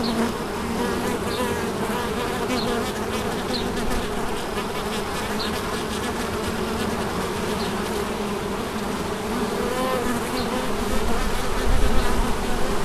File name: Abeilles St Bonnet le Ch 30 07 16